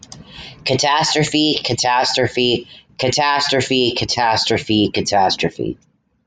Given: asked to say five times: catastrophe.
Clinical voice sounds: repeated word; male; 30 to 39 years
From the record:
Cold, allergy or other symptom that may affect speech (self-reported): no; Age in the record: 30 years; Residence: Arkansas, United States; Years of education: 11

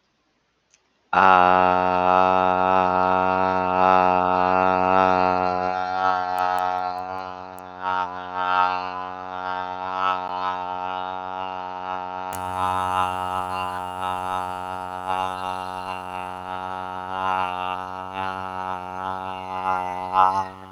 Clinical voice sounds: vowel held as long as possible; male; 30 to 39 years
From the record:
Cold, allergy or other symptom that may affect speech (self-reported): no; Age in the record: 37 years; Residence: Florida, United States

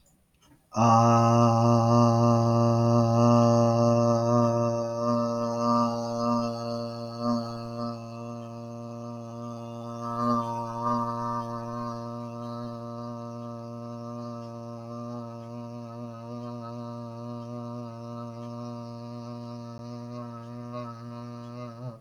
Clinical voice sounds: vowel held as long as possible; male; 30 to 39 years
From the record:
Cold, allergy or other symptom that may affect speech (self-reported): no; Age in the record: 32 years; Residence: Missouri, United States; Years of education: 16

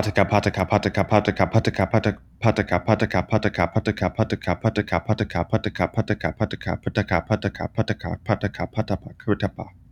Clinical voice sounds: repeated syllables /pa ta ka/; male; 20 to 29 years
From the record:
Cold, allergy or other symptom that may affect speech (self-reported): no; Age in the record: 22 years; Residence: Tennessee, United States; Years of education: 12

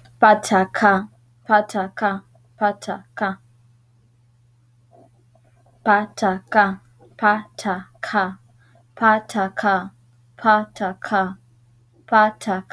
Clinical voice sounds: repeated syllables /pa ta ka/; female; 20 to 29 years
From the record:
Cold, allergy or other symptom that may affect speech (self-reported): no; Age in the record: 29 years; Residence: California, United States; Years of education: 16

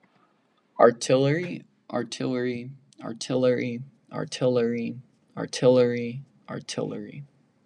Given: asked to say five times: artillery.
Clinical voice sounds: repeated word; male; 18 to 19 years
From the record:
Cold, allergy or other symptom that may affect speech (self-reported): no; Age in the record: 18 years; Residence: New York, United States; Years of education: 12

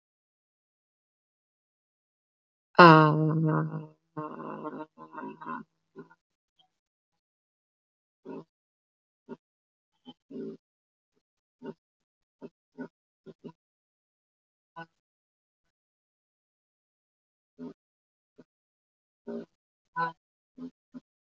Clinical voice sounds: vowel held as long as possible; female; 30 to 39 years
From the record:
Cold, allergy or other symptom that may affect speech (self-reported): no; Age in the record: 37 years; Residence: Indiana, United States

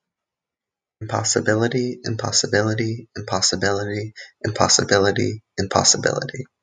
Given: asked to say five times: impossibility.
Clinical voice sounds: repeated word; male; 20 to 29 years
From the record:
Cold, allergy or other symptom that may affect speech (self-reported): no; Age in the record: 26 years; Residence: Maryland, United States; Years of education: 19

